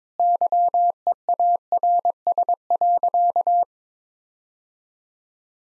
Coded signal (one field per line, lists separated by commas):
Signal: Morse code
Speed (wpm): 22 wpm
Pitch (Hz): 700 Hz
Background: none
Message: YEARS.